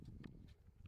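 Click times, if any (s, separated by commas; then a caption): none. A folding arm of a large survey drone is handled as it is moved toward its locking hinge on the drone body. A steady low rumble runs under a few soft, brief rustling bursts of handling noise. Nothing has seated or clicked yet.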